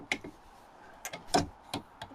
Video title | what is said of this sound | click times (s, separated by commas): Installing Skoda Yeti Roof Rack | lock it into position by just pushing down the tab you hear it snap | 0.1 s